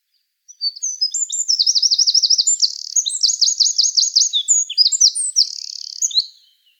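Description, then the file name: Eurasian wren singing a vigorous, high-pitched song of tinkling notes and quick buzzy trills, about six seconds long, ending abruptly. "Troglodytes troglodytes"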